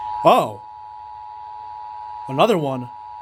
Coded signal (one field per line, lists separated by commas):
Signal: Emergency Alert System (SAME) tones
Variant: 853 and 960 Hz attention tone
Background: speech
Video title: Northeast Winds, Southern Storms. | EAS Alerts from 2/15/25 | EAS#1,662-1,670